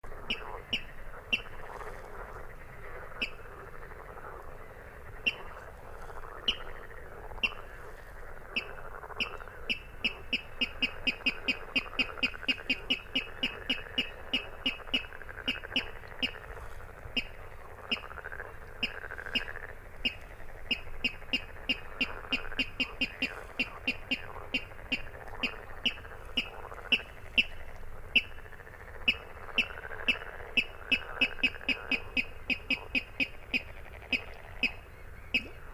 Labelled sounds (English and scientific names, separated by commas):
Water Rail (Rallus aquaticus)